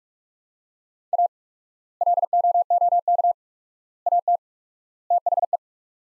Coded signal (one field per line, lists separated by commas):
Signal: Morse code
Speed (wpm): 46 wpm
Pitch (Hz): 700 Hz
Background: none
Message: A LOOK AT THE